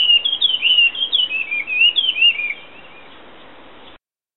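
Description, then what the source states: Bird song: a rapid run of high, whistled, slurred notes for about two and a half seconds, then steady background hiss. Unidentified songbird heard from the garden on 20 April 2025, a cloudy day; the writer renders it 'on-kakaka'.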